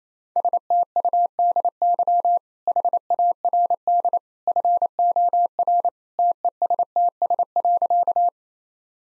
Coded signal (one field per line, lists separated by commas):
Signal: Morse code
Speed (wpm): 28 wpm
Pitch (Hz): 700 Hz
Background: none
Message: STUDY HARD FOR TESTS.